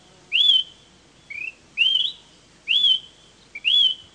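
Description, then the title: Smoke-colored pewee singing upslurred whistles in quick succession, mixing longer rising notes with a couple of short, lower chips. Subspecies zarumae. "LuckyPassaro Completos2Sama. Smoke-colored Pewee (Contopus fumigatus zarumae)"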